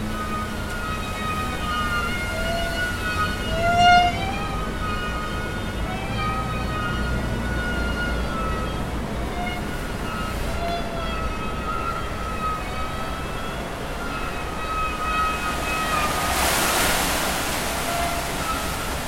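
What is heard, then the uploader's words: Bermudan screamer kites drone steadily with a buzzing, whining hum whose pitch wavers and slides slowly throughout, over a constant low rumble. A brief louder sound pops out near four seconds, and a harsh hissing burst rises around seventeen seconds. Bermuda's traditional screamer kites. The noise of wind in trees. Recorded by Mark Wilden.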